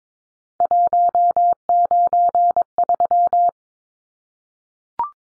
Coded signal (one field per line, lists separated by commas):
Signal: Morse code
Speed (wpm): 22 wpm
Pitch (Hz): 700 Hz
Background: none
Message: 193